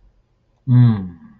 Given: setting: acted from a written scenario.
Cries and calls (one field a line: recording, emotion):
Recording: vocal sound without words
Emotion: serenity